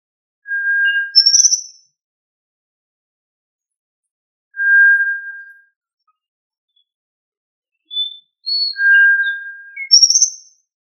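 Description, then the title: Tinamou calling with long, flat, pure whistles spaced a few seconds apart, mixed with short higher chirping notes before and after. "Familia Tinamidae - Quail - Puyuh"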